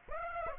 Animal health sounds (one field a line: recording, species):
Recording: mosquito wingbeat signal from an infrared sensor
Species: Aedes aegypti